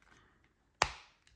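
The outer plastic back battery cover of a Dacia Duster, Jogger or Sandero car remote key fob is slid one way until it unlatches, giving a single sharp click at 0.8 s that rings down over about a quarter second. The cover is released and comes off, exposing the battery beneath. Faint small ticks are heard before and after the click.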